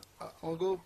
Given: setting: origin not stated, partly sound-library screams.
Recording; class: one-second piece from a danger detection set; normal situation